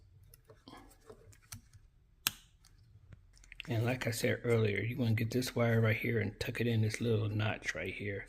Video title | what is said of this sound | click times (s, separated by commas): Tesla Model / Y Carbon Fiber Steering Wheel (ebay) | plug it in until it clicks | 2.3 s